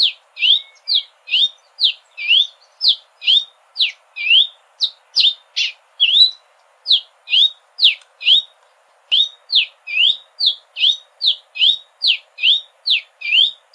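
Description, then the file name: Red-capped cardinal song: bright, clear notes sweeping down then up, repeated steadily about twice a second in a long, unbroken series with a short pause midway. "canto do cardeal da amazonia"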